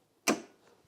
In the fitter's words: entendu le petit clic ça vous permet de verrouiller l'arbre de